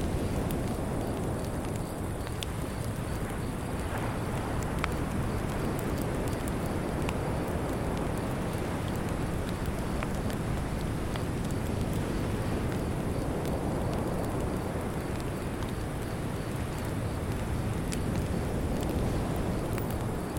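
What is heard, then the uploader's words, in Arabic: Soft waves of the Andaman Sea wash steadily on a beach, a dense, low, rolling murmur with no pauses. Sharp little crackles from a beach fire pop up throughout, some bright, over a constant breezy hiss. كوه ياو نوي. همس بحر أندامان مع خرير نار الشاطئ.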